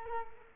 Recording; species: mosquito wingbeat signal from an infrared sensor; Culex quinquefasciatus